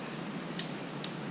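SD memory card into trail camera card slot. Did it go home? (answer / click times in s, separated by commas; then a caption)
yes / 0.6 s. An SD memory card is slid into the card slot of a Stealth Cam DS4K trail camera, making a short, sharp click at 0.6 s and a second, similar tick at 1.0 s. The card clicks into place and is seated.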